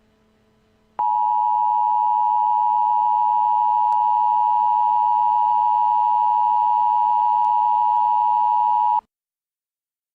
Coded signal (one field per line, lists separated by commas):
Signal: Emergency Alert System (SAME) tones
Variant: 853 and 960 Hz attention tone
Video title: Nuclear Missile EAS Scenario: "Third Strike"